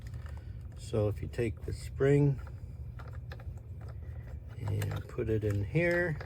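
Someone talks while picking up the small handle-lock spring, which holds the handle of a Shark NV800 vacuum in the upright position, and moving it toward its seat in the vacuum body's plastic housing. Light handling taps are heard near the start and around 3.0–3.8 s. Nothing has seated or clicked yet.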